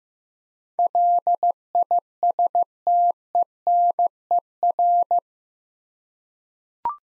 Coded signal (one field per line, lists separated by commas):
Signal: Morse code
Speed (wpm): 15 wpm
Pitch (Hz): 700 Hz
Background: none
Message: LISTENER